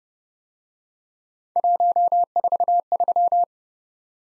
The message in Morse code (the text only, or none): 143